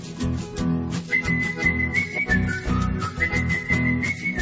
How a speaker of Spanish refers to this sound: Bueno, pero ¿qué significa ese silbido, hombre?